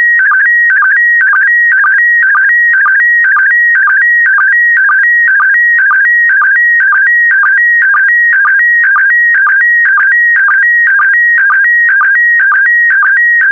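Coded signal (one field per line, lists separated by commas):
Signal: SSTV (slow-scan television)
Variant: PD120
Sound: steady warbling high tone with quick low chirps about twice a second, continuous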